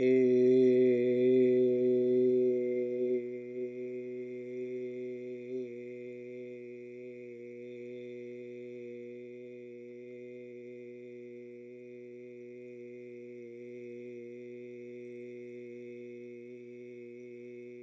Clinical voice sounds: sustained vowel /i/; male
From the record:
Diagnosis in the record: healthy control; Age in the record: 68 years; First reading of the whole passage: 59 s, 8.4 characters per second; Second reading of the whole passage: 56 s, 8.8 characters per second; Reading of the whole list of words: 34 s, 8.3 characters per second

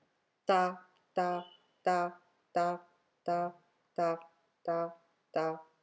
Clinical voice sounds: repeated syllable /pa/; female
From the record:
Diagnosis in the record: healthy control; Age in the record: 63 years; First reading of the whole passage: 70 s, 6.7 characters per second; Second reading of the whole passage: 71 s, 6.6 characters per second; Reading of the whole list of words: 45 s, 6.3 characters per second

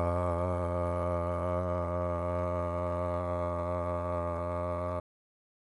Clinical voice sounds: sustained vowel /a/; male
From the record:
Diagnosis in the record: Parkinson's disease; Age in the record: 65 years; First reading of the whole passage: 52 s, 9.9 characters per second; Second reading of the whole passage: 50 s, 10.3 characters per second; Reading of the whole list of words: 40 s, 7.0 characters per second

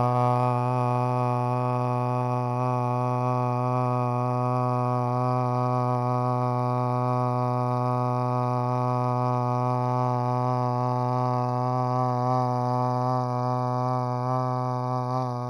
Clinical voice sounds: sustained vowel /a/; male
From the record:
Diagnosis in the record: Parkinson's disease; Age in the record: 50 years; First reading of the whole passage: 72 s, 7.2 characters per second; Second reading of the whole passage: 54 s, 9.6 characters per second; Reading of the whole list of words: 40 s, 7.1 characters per second

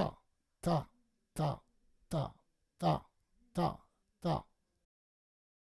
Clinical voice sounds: repeated syllable /ta/; male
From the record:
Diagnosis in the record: Parkinson's disease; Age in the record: 68 years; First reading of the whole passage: 84 s, 6.2 characters per second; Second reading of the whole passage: 63 s, 8.2 characters per second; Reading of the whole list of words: 57 s, 5.0 characters per second

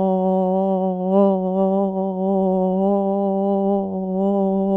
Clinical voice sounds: sustained vowel /o/; female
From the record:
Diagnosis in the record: Parkinson's disease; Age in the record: 80 years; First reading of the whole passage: 169 s, 3.1 characters per second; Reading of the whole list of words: 101 s, 2.8 characters per second

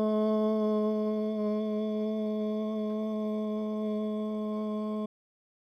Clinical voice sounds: sustained vowel /o/; male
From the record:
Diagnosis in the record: Parkinson's disease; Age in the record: 71 years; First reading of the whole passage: 60 s, 8.7 characters per second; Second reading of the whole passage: 57 s, 9.1 characters per second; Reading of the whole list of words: 54 s, 5.3 characters per second

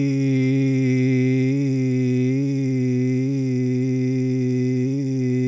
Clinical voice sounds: sustained vowel /i/; male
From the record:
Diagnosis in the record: Parkinson's disease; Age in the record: 71 years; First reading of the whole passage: 50 s, 10.4 characters per second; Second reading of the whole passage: 45 s, 11.4 characters per second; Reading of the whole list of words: 37 s, 7.6 characters per second

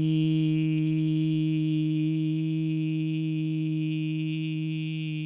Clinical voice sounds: sustained vowel /i/; male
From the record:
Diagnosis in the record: Parkinson's disease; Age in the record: 70 years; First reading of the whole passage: 112 s, 4.6 characters per second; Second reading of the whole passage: 107 s, 4.9 characters per second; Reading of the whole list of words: 68 s, 4.1 characters per second

